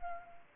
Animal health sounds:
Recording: mosquito wingbeat signal from an infrared sensor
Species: Anopheles arabiensis

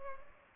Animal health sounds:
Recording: mosquito wingbeat signal from an infrared sensor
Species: Culex pipiens

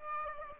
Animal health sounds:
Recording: mosquito wingbeat signal from an infrared sensor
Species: Aedes aegypti

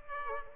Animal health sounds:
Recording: mosquito wingbeat signal from an infrared sensor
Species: Aedes aegypti

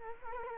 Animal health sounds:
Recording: mosquito wingbeat signal from an infrared sensor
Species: Culex quinquefasciatus

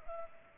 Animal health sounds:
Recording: mosquito wingbeat signal from an infrared sensor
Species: Culex pipiens

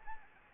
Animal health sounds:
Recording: mosquito wingbeat signal from an infrared sensor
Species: Anopheles arabiensis

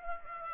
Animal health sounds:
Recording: mosquito wingbeat signal from an infrared sensor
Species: Aedes aegypti

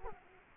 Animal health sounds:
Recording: mosquito wingbeat signal from an infrared sensor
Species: Culex quinquefasciatus

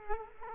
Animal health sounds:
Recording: mosquito wingbeat signal from an infrared sensor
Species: Culex quinquefasciatus

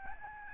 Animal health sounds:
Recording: mosquito wingbeat signal from an infrared sensor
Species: Aedes albopictus

